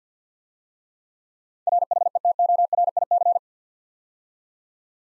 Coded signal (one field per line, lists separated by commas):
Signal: Morse code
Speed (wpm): 53 wpm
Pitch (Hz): 700 Hz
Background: none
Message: RHETORIC